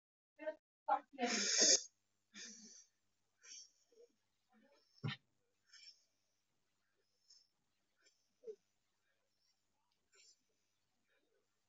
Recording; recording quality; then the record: shallow breathing; moderate, slight background noise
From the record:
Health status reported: exposed to COVID-19, no respiratory illness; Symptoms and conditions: none ticked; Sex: female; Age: 22 years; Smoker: not ticked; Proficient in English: yes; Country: India